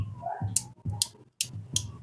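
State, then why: Seated. After the reverse/forward adaptor is reassembled, the reverse/forward selector switch in an impact drill housing is toggled back and forth to check it. It snaps loudly into each detent position, with sharp clicks at 0.6, 1.0, 1.4 and 1.8 seconds over a low background rumble. Each click is strong, and the selector seats properly and is judged fine.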